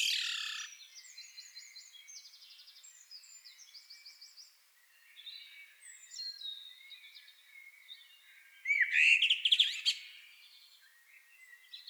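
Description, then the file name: Common blackbird gives one loud burst near nine seconds, a swooping note followed by scratchy high chatter, while other high chirps and trills run throughout. "Turdus merula"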